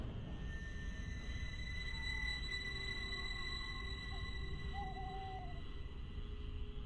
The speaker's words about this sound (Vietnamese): Cách đó không xa, trong một lùm cây tối om như hũ nút, xung quanh bốn bề là tiếng cú kêu vang vọng.